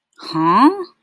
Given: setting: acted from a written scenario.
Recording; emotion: vocal sound without words; confusion